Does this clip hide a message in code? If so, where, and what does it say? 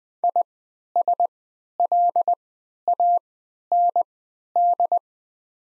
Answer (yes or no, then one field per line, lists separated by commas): yes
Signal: Morse code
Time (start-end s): 0.2-5.0 s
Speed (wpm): 20 wpm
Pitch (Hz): 700 Hz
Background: none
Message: ISLAND